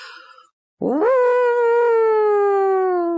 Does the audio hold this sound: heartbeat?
no